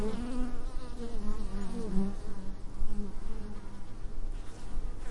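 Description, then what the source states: Bees buzzing, a steady droning hum that wavers in pitch as insects move about, several overlapping tones swelling and fading throughout. Bees recorded in a meadow close to a hive.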